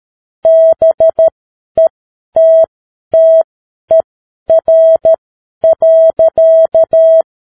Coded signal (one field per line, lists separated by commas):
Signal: Morse code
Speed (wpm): 13 wpm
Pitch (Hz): 650 Hz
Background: none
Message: BETTER.